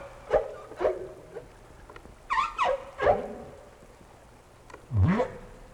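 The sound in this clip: Whale calls as short swooping chirps and grunts, several quick downward sweeps clustered together, then a lower grunt near the end.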